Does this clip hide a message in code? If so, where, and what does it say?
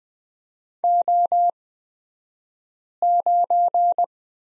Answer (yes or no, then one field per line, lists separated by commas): yes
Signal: Morse code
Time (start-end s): 0.8-4.0 s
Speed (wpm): 20 wpm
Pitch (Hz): 700 Hz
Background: none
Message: O9